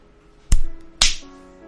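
Two sharp, loud smacks about half a second apart: a mother hard slapping her daughter across the face in an eatery, strong enough to leave five finger marks; the second crack leaves a brief bright ringing tail, with no voices.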